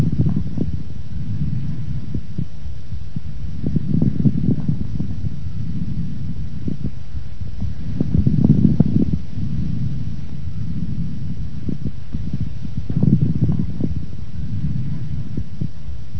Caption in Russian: Отличающиеся более низкой частотой и меньшим числом одновременно возникающих звуков. Такие же хрипы выслушиваются в проекции крупной полости в ткани легкого, содержащей мокроту, и сообщающийся с бронхом, а также при наличии бронхоэктазов, мешковидных выпячиваний бронхиальной трубки, содержащих жидкую мокроту. Влажные, средние и крупнопузырчатые хрипы у пациента с бронхоэктатической болезнью.